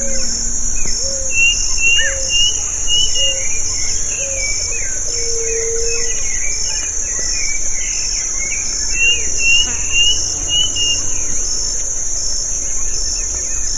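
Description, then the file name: Bird chatter of quick high chirps in bursts, with a soft lower note repeating regularly beneath a constant shrill insect drone. "SABIOD 50 bird 2015"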